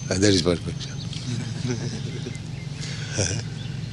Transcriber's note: laughter